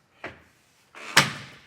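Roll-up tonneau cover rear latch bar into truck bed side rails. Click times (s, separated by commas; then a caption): 1.2 s. The rear bar of an unrolled Fas-Top Traveler roll-up tonneau cover, part of a soft truck topper combo, is pushed into place at the back end of a 2024 Jeep Gladiator's truck bed. A short knock at 0.2 s and a sliding rustle from about 0.9 s lead into a sharp, loud latch click at 1.2 s. The bar latches home into the side rails on both sides.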